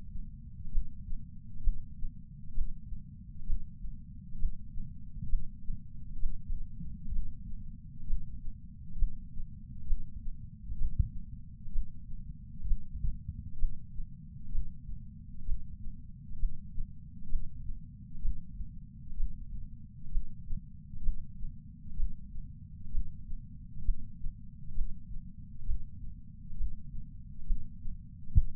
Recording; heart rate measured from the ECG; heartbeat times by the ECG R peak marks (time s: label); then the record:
heart sounds by patch sensor on the chest; 65 bpm
0.69 s: heartbeat
1.61 s: heartbeat
2.52 s: heartbeat
3.44 s: heartbeat
4.36 s: heartbeat
5.27 s: heartbeat
6.17 s: heartbeat
7.10 s: heartbeat
8.04 s: heartbeat
8.96 s: heartbeat
9.84 s: heartbeat
10.76 s: heartbeat
11.70 s: heartbeat
12.64 s: heartbeat
13.56 s: heartbeat
14.49 s: heartbeat
15.43 s: heartbeat
16.36 s: heartbeat
17.27 s: heartbeat
18.19 s: heartbeat
19.15 s: heartbeat
20.09 s: heartbeat
21.00 s: heartbeat
21.94 s: heartbeat
22.89 s: heartbeat
23.82 s: heartbeat
24.72 s: heartbeat
25.64 s: heartbeat
26.55 s: heartbeat
27.44 s: heartbeat
28.31 s: heartbeat
From the record:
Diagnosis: coronary artery disease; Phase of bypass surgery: preoperative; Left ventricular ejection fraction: 60.1%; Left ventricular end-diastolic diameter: 44 mm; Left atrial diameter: 42 mm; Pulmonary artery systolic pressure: 26 mmHg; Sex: female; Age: 80 years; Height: 156 cm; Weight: 70 kg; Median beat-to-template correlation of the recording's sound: 0.93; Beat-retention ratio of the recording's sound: 0.99